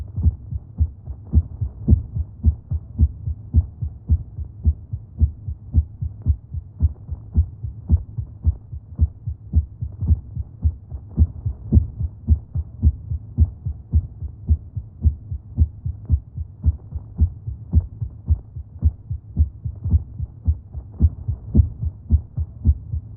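Steady, regular low thumps of a fast human heartbeat repeat at roughly 110 per minute throughout, with no pauses or skipped beats.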